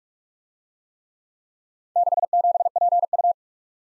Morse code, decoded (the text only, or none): 67PU